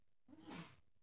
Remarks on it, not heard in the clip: Did everyone hear the sneeze? Did you hear him sneezing then?